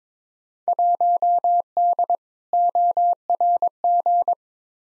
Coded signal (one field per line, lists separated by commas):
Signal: Morse code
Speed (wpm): 22 wpm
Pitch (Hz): 700 Hz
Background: none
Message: 1D ORG